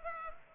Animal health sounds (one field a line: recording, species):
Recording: mosquito wingbeat signal from an infrared sensor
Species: Culex pipiens